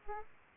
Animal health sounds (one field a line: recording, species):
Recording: mosquito wingbeat signal from an infrared sensor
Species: Aedes aegypti